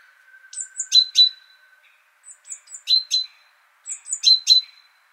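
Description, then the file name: Great tit giving three quick phrases of high thin notes ending in paired sharper notes, with a faint steady tone underneath at first. "Parus major"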